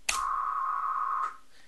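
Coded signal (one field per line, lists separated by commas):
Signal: modem data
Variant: 110 baud FSK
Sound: a click, then about one second of a steady buzzing tone near 1 kHz, then a click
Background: faint room hiss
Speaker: So I can say cat msg into Minimodem dash dash transmit at 110, we'll say. And I can come down here and I can say cat into msg. And I can say hello world.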